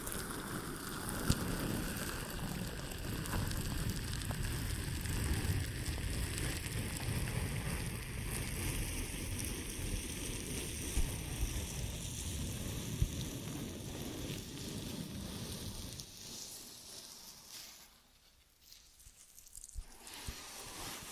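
An ear and scalp massage: dense, crackly rubbing and scratching runs steadily for about sixteen seconds, full and low with fine bright rustle on top. The rubbing then thins out and drops to near silence, with a few soft touches returning near the end.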